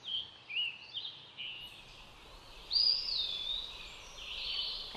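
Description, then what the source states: Eastern wood-pewee song, thin slurred whistles that rise and fall, a few phrases with pauses, faint against a steady hiss of background noise. Heard at dawn during the dawn chorus in a research forest in Vermont.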